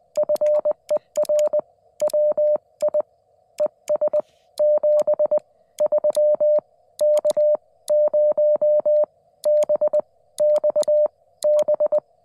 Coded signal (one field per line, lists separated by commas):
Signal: Morse code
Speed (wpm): 20 wpm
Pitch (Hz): 600 Hz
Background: none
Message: FER WI ES 73 K0BXB